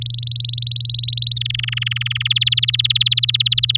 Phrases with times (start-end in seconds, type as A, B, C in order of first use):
0.01-1.34 A, 1.36-2.23 B, 2.25-3.77 C